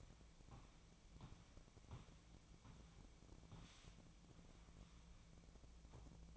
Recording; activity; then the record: daily activity, microphone in the room; walk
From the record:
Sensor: 1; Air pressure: 1012.2 hPa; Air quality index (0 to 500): 180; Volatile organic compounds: 3 ppm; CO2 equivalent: 1482 ppm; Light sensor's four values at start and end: 44/121/49/60 and 43/119/48/59